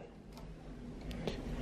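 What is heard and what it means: A plastic push pin of a CPU cooler is pressed down on the side opposite the one already fitted until it snaps into its mounting hole in the motherboard. Over a low background hum there is a faint tick near 0.4 s, then sharp snaps at 1.1 s and 1.3 s. The push pin is seated.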